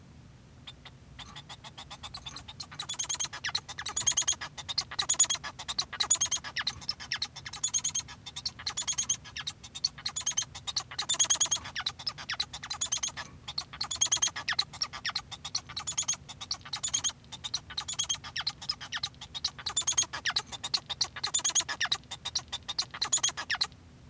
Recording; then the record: song of a male Bengalese finch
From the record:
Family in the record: son of father 1